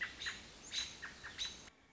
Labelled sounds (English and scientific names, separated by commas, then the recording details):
American Robin (Turdus migratorius)
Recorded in Sonoma County, California